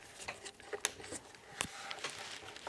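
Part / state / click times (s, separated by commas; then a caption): light modifier on a studio flash bayonet mount / seated / 0.9 s. A light modifier is fitted onto a studio flash's bayonet mount and twisted until it locks. A sharp click lands at 0.9 s among softer handling taps and rattles. The modifier is seated and firm.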